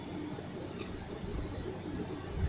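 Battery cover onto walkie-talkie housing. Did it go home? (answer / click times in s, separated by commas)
no / none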